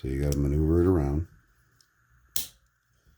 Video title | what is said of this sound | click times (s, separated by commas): A little about the CZ52 | and then it just snaps back in | 2.4 s